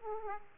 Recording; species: mosquito wingbeat signal from an infrared sensor; Aedes aegypti